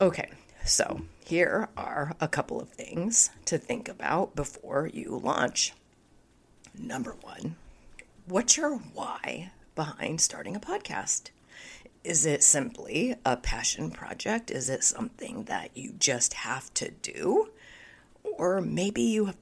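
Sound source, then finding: Adult woman speaking. Spasmodic dysphonia.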